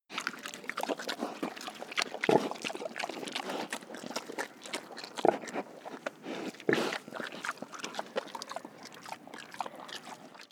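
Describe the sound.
Pig eating, continuous wet chewing and slurping noises with a few louder bursts.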